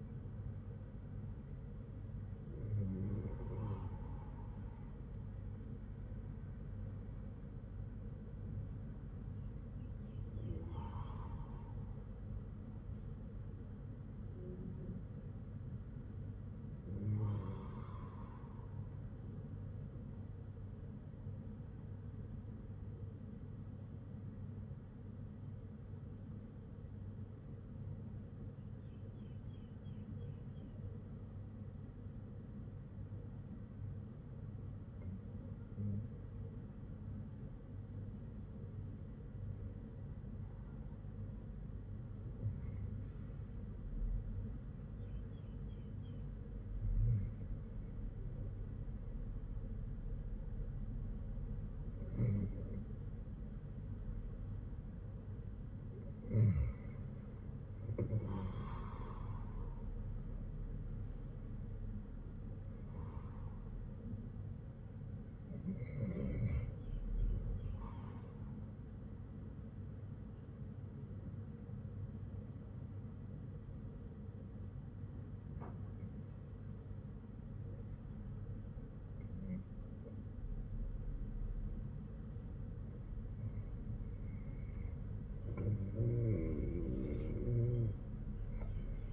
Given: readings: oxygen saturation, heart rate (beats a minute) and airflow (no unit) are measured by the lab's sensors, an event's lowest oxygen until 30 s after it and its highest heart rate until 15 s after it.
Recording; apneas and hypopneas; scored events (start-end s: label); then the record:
breathing in sleep by a smartphone at the bedside; 1
20.00-56.30 s: hypopnea (REM, oxygen 98% highest, then 95% lowest, heart rate 57 at the start, 60 highest)
From the record:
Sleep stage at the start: REM sleep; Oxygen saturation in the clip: 94 to 98%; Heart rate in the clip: 53 to 62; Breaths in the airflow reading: 15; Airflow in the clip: -7.1 to 11.2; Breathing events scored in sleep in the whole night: 182 in 7.4 hours asleep